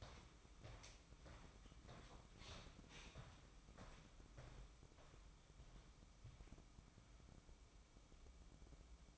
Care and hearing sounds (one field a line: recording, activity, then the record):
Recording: daily activity, microphone in the room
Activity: walk to room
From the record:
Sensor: 1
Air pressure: 1008.2 hPa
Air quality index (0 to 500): 137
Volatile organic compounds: 2 ppm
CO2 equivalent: 1157 ppm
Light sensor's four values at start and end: 10/22/9/10 and 10/23/9/10